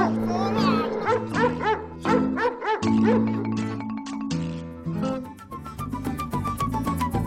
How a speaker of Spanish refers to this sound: ¡No, perro malo! ¡Suéltame, suéltame! ¡No, no! ¡Suéltame, suéltame! ¡No, no, no!